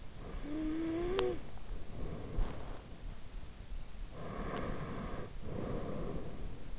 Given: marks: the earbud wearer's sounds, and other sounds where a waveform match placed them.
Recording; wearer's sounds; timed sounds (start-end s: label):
sounds in sleep by an in-ear microphone; snoring breath, breath
0.19-2.83 s: snoring breath
4.14-6.79 s: breath